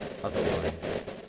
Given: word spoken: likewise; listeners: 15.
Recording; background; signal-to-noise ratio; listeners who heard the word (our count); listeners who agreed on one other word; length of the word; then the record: one English word in noise, from a listening test; noise modulated by three-talker babble; -4.8 dB; 0 of 15; 13 of 15; 0.88 s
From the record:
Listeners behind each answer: 13, 1, 1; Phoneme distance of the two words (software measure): 30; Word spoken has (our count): 2 syllables, 6 phonemes, stress on syllable 1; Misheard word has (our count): 3 syllables, 6 phonemes, stress on syllable 1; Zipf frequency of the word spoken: 3.36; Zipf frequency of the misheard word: 4.70